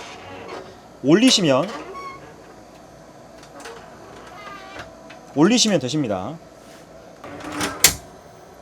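During a camper bed/table conversion on an A-type Zeus 560, someone talks while the conversion panel is lifted firmly and pulled into its locking mechanism. A sharp knock at 7.8 s marks the panel locking into place, seated.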